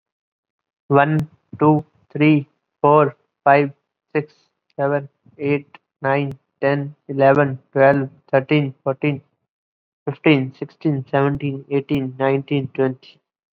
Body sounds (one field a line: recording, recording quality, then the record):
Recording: counting at a normal pace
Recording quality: excellent, no background noise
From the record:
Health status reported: COVID-19 positive, mild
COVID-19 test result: positive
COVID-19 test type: RT-PCR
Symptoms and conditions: cough, sore throat, fatigue, muscle pain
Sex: male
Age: 23 years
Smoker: no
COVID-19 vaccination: both doses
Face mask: worn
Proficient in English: no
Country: India